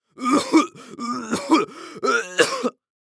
Male cough gagging.